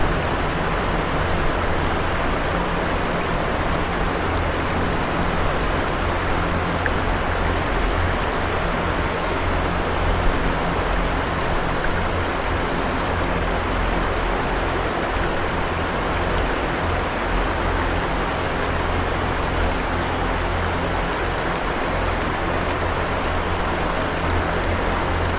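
Deep ambient music and water sounds: a constant rush of water, like heavy rain or a flowing stream, fills the whole 25 seconds without pause. Underneath, a low, steady droning tone holds unchanged throughout, with no distinct events or shifts in loudness.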